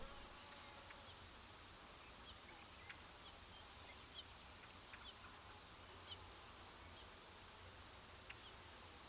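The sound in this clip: Crickets chirp faintly in regular high pulses over hiss, with a brief sharp click near the end.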